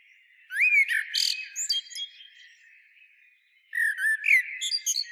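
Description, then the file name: Eurasian blackbird singing a warbled phrase with a squeaky high ending, a brief pause, then another fluty phrase with thin high twitters. "Turdus merula"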